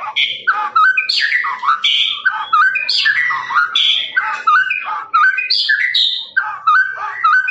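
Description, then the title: Lovebird trilling chatter: fast, unbroken bursts of rasping and squeaky notes that shift up and down, carried on without a break for the whole stretch. Long trilling 'ngekek' song used for training birds. "MASTERAN LOVEBIRD NGEKEK PANJANG"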